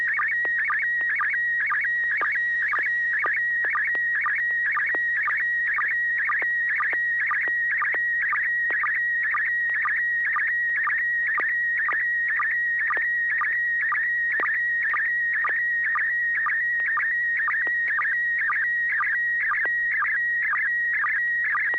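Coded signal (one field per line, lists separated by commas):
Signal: SSTV (slow-scan television)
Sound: steady high tone broken by quick warbling chirps and low blips, repeating rhythmically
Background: low hum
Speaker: joel were you able to copy this photo from neil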